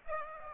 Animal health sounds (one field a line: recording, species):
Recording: mosquito wingbeat signal from an infrared sensor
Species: Aedes aegypti